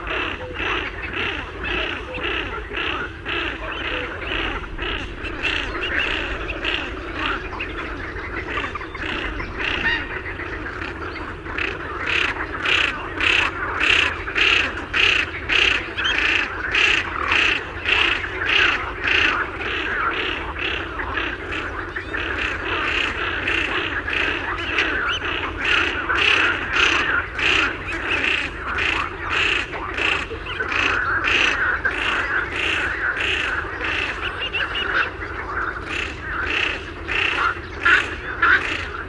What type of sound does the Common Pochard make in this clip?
call